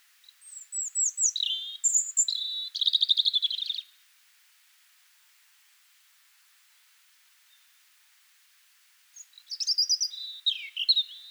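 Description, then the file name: European robin singing two phrases, the first a long cascade of high thin whistles falling into a fast trill, then a silent pause before a shorter warbled phrase. "Erithacus rubecula"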